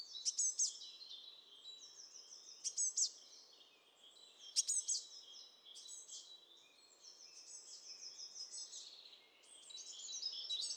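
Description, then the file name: Eurasian blue tit calls: sharp high notes followed by buzzy, scolding churrs, several separated bursts against a steady low hiss. "Cyanistes caeruleus"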